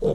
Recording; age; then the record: pig call; piglet (1 to 25 days)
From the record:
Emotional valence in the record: negative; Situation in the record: long isolation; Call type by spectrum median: low-frequency call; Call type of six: low-frequency tonal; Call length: 0.16 s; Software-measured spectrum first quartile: 214 Hz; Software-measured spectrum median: 408 Hz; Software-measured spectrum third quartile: 487 Hz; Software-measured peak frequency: 462 Hz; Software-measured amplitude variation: 154 dB a second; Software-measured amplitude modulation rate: 22.1 a second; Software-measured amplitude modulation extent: 7.0 dB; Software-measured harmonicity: 5.7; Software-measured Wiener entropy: -0.85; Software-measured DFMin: 1685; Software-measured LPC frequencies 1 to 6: 468, 3478, 5450, 6318, 7710, 9253 Hz